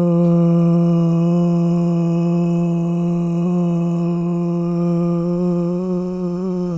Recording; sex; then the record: sustained vowel /o/; male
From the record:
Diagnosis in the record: Parkinson's disease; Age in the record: 65 years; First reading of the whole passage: 164 s, 3.2 characters per second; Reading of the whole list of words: 151 s, 1.9 characters per second